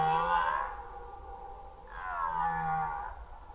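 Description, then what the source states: Red deer roaring, two deep harmonic bellows with a short pause between. Rut, 2011.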